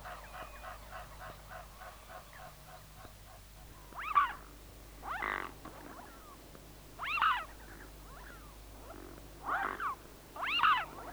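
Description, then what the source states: Mute Swan gives several harsh, nasal calls in short bursts, after a run of rapid pulsed sound at the start. Field recording from the Swedish cassette Fågelsjön, Sweden.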